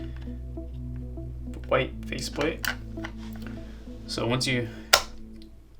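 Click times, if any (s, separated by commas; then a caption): 4.9 s. A new white plastic faceplate (outer bezel) is pushed down onto the body of a 3rd generation Nest thermostat, then twisted to lock it into place. Someone talks over background music, and a loud, sharp click at 4.9 s marks the faceplate seating and locking.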